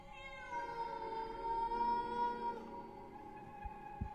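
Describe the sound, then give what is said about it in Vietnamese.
A single long, drawn-out cat meow with a strong harmonic whine that holds steady for about two and a half seconds, then trails off, followed by a couple of soft thumps. “Lâu lâu nó kêu lên một tiếng, đến xót cả ruột.”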